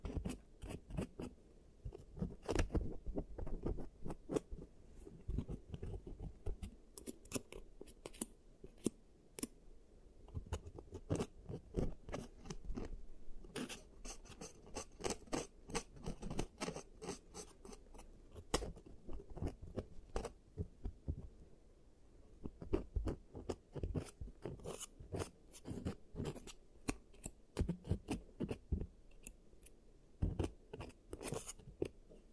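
A giant teeth treatment: dense, rapid clicks and snips crowd together throughout, each sharp tick reaching up into the bright range over a low rumble. The taps come in quick irregular bursts like scissors or crunching, with a brief thinner stretch near twenty seconds.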